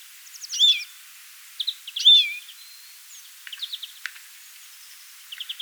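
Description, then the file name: European greenfinch with two strong twisting high notes, then scattered sharp ticks and short buzzy trilled groups toward the end. "Chloris chloris"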